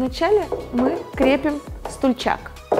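A plastic toilet seat is being handled onto the frame of an Armed FS810 commode chair, where its holder clips are meant to snap on. Someone talks over music, with a sudden short knock near 2.7 s. Nothing has seated or clicked yet.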